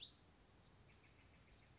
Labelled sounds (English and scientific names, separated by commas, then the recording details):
Bewick's Wren (Thryomanes bewickii)
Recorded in Sonoma County, California